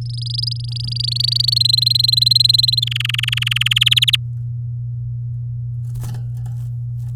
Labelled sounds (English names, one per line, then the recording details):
Domestic Canary song
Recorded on 9 May 2018 at 09:57
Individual llb16